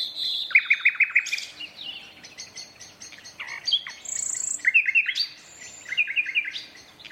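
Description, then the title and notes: Common nightingale song with a quick run of sharp repeated notes, then scattered whistles and short rattling phrases, loud and varied. Two competing males singing a duet at dusk in a dense thorn thicket, north Dorset countryside woodland, during the dusk chorus. "Sound Escape: An astonishing nightingale duet in a Dorset woodland. north Dorset countryside. a single nightingale starts to sing. another male. a competitive duet. BBC Countryfile Magazine's Sound Escapes"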